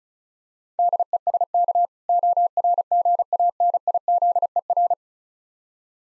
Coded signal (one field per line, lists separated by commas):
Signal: Morse code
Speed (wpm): 36 wpm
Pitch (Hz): 700 Hz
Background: none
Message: DESK ORGANIZER